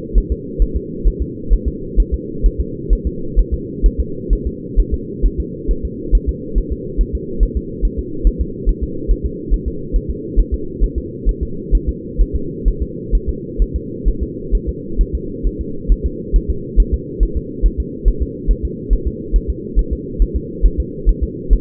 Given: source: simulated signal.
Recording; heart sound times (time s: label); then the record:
fetal heart sounds
0.18 s: S1
0.32 s: S2
0.62 s: S1
0.76 s: S2
1.07 s: S1
1.22 s: S2
1.53 s: S1
1.68 s: S2
2.00 s: S1
2.14 s: S2
2.46 s: S1
2.60 s: S2
2.93 s: S1
3.07 s: S2
3.39 s: S1
3.54 s: S2
3.86 s: S1
4.00 s: S2
4.33 s: S1
4.47 s: S2
4.79 s: S1
4.94 s: S2
5.26 s: S1
5.40 s: S2
5.71 s: S1
5.85 s: S2
6.15 s: S1
6.29 s: S2
6.58 s: S1
6.72 s: S2
7.01 s: S1
7.15 s: S2
7.43 s: S1
7.57 s: S2
7.85 s: S1
7.99 s: S2
8.27 s: S1
8.41 s: S2
8.69 s: S1
8.84 s: S2
9.11 s: S1
9.26 s: S2
9.54 s: S1
9.68 s: S2
9.96 s: S1
10.10 s: S2
10.39 s: S1
10.54 s: S2
10.84 s: S1
10.98 s: S2
11.29 s: S1
11.43 s: S2
11.75 s: S1
11.89 s: S2
12.21 s: S1
12.36 s: S2
12.68 s: S1
12.82 s: S2
13.15 s: S1
13.29 s: S2
13.62 s: S1
13.76 s: S2
14.08 s: S1
14.23 s: S2
14.55 s: S1
14.69 s: S2
15.01 s: S1
15.15 s: S2
15.47 s: S1
15.61 s: S2
15.92 s: S1
16.06 s: S2
16.36 s: S1
16.50 s: S2
16.80 s: S1
16.94 s: S2
17.23 s: S1
17.37 s: S2
17.66 s: S1
17.80 s: S2
18.08 s: S1
18.22 s: S2
18.51 s: S1
18.65 s: S2
18.93 s: S1
19.07 s: S2
19.36 s: S1
19.50 s: S2
19.79 s: S1
19.93 s: S2
20.22 s: S1
20.36 s: S2
20.66 s: S1
20.80 s: S2
21.09 s: S1
21.23 s: S2
21.53 s: S1
From the record:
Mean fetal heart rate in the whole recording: 135 bpm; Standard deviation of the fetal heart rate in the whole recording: 3 bpm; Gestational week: 36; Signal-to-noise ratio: -4.3 dB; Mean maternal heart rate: 72 bpm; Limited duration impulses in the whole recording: absent